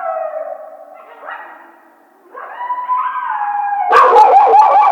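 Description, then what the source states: Coyotes give overlapping quavering howls that fade, then swell again and end in a burst of rapid high yips. Recorded 1 February 2010.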